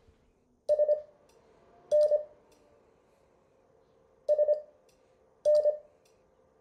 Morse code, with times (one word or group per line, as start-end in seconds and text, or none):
0.7-2.2 SN
4.3-5.7 SN